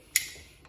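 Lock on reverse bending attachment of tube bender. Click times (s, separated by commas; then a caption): 0.2 s. The lock on a Hilmor reverse bending attachment for a tube bender is unlocked before bending. A single sharp, bright click at 0.2 s rings out briefly, and a much fainter tick follows about half a second later. The attachment lock clicks open and is released.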